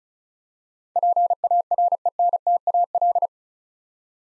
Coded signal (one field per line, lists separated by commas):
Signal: Morse code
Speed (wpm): 36 wpm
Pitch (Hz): 700 Hz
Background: none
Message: PARENTAL